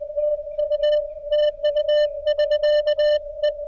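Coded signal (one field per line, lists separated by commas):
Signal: Morse code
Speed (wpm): 20 wpm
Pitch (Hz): 600 Hz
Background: none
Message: TU TU <SK> E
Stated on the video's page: CW calls during a POTA park-to-park hunt from a car on 7MHz, IC-705 at 5W, testing a magnet-mount ground.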